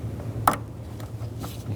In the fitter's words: Connect this hose right to the purge valve. Make sure it locks in place.